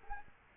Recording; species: mosquito wingbeat signal from an infrared sensor; Culex quinquefasciatus